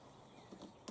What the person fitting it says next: push them together until they click and that's the battery connected